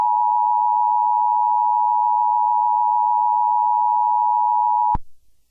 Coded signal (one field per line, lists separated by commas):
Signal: Emergency Alert System (SAME) tones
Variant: 853 and 960 Hz attention tone